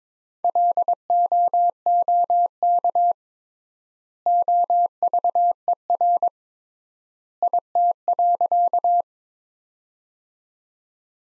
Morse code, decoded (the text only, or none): LOOK OVER IT.